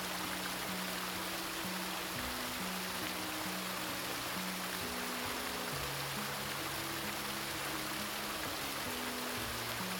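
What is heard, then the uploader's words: A winding stream pours steadily and densely throughout, its bright, even rush filling the whole scene. Beneath the water, soft music moves through a slow melody of held low notes that change every second or so, gentle and unhurried. The gentle sounds of a winding stream and a delicately composed music.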